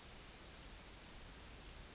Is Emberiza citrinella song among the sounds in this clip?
no